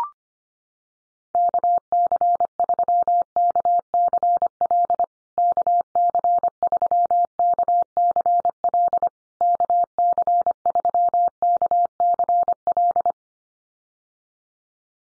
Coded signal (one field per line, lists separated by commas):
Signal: Morse code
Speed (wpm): 25 wpm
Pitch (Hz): 700 Hz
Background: none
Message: KC3KCL KC3KCL KC3KCL